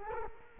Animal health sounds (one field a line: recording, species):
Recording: mosquito wingbeat signal from an infrared sensor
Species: Culex quinquefasciatus